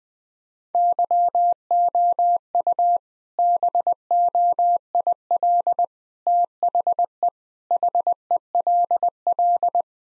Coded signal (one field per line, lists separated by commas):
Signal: Morse code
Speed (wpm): 20 wpm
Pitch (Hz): 700 Hz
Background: none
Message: YOU BOIL THE HELL